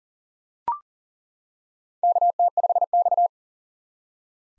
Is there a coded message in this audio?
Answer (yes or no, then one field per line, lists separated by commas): yes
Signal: Morse code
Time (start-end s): 2.0-3.3 s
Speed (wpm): 40 wpm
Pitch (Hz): 700 Hz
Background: none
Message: KT5X